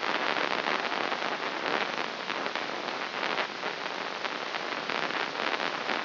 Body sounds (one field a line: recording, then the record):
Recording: brain microelectrode recording played as sound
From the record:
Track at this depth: inside the subthalamic nucleus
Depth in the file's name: 6.109 mm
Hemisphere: left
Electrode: 3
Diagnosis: Parkinson's disease